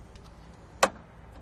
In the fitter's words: snaps into place and let you know it's okay it's in it's locked in